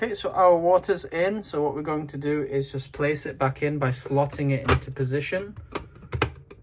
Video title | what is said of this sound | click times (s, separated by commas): MAGIMIX NESPRESSO - HOW TO USE [EASY STEP BY STEP GUIDE] | once it's in it just clicks into place and now that's secure | 6.2 s